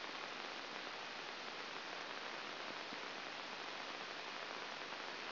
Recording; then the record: brain microelectrode recording played as sound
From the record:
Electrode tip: outside the subthalamic nucleus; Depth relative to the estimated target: -7 mm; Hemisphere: right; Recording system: AlphaMap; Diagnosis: Parkinson's disease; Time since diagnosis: 7 years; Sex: female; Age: 49 years